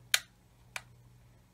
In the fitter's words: Hear it kind of click into place.